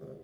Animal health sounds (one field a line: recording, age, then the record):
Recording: pig call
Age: piglet (1 to 25 days)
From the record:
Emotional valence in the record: negative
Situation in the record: long isolation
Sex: female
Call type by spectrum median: low-frequency call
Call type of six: low-frequency stable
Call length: 0.24 s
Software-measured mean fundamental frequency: 53 Hz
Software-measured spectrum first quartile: 190 Hz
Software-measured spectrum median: 361 Hz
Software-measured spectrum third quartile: 484 Hz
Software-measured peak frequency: 399 Hz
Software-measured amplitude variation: 103 dB a second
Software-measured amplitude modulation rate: 22.9 a second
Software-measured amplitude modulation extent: 4.5 dB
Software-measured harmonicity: 1.8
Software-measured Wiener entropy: 0.28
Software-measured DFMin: 1012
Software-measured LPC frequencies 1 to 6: 467, 3413, 4679, 6321, 7175, 8977 Hz